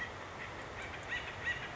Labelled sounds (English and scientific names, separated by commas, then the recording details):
Acorn Woodpecker (Melanerpes formicivorus)
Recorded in Sonoma County, California